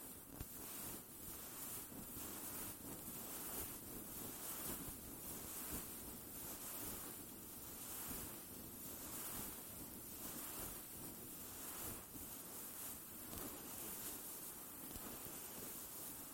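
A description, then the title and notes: Hands massage the microphone in slow, steady strokes, producing a soft rubbing and brushing sound. Each stroke swells and fades about every half second to second, with a dense low rumble underneath and a faint airy hiss on top throughout. Massaging the microphone. The gentle mic massage.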